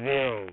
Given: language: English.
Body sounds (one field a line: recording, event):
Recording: throat vibration sensor signal played as sound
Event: speech